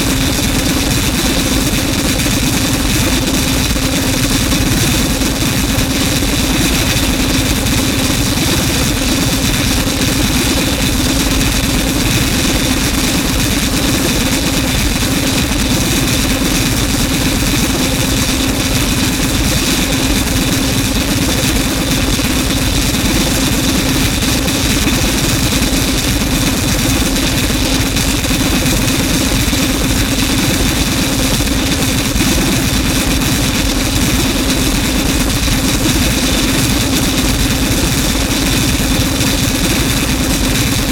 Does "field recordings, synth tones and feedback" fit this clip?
yes